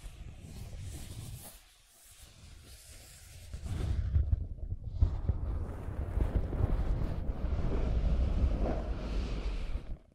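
Scratching and tracing on a surface, a dense, rough rustle that rises and falls with the strokes. A brief near-silent pause falls around two seconds, then the scratching returns louder and more continuous from about four seconds to the end.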